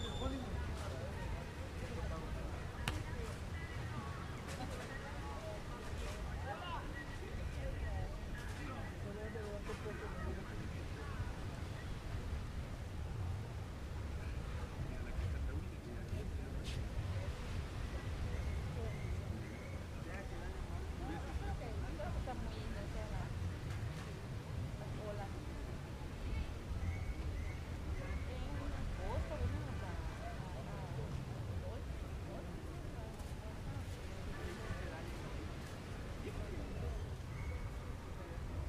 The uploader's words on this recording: Beach Day At Parque Los Fundadores. In this episode we are enjoying a beach day in Playa Del Carmen. People chatting and enjoying the sun as well as the ocean waves in the back. Spanish Speaking.